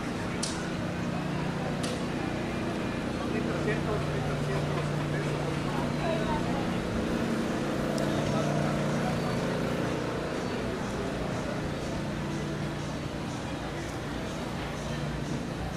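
Walking down 5th Avenue in Playa Del Carmen, a steady, dense wash of overlapping voices and chatter fills the street. A low hum runs underneath throughout, with a few sharp clicks or taps near the start and around eight seconds.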